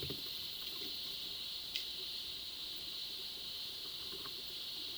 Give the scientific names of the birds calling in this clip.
none